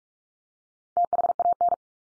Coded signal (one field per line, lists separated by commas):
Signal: Morse code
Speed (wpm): 44 wpm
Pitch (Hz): 700 Hz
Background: none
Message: THAN